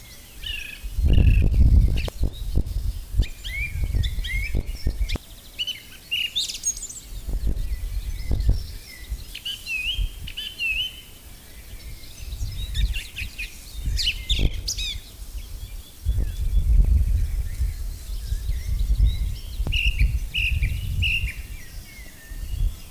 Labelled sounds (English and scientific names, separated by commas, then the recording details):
Song Thrush (Turdus philomelos) song
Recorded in the wild
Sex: male
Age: adult
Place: Lübars (Fließtal), Berlin, DE
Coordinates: 52.6167, 13.35
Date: 2000-06-04 14:29
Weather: fair, 27°C
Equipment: Nagra SN, Kopie Uher 4000 Report Monitor
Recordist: Tembrock, Günter